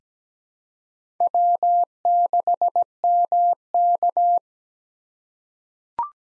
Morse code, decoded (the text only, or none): W6MK